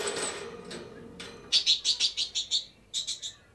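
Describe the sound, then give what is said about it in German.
A bird chirps in a quick run of bright, high tweets, about seven in a row, then a short pause and three more, after a stretch of soft rustling noise, as it flies out of a cage through the opened door. “Der Vogel ist hinausgeflogen.”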